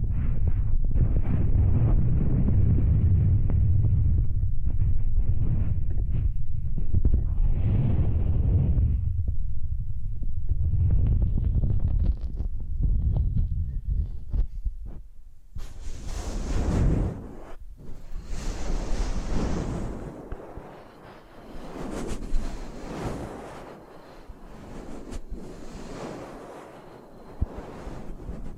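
Close-up trigger sounds, scratching and brushing, with no talking. For the first fifteen seconds there is muffled, low rubbing in dense, rumbling swells. After that the strokes turn crisp and scratchy, brighter and airier, rising and falling in irregular sweeps.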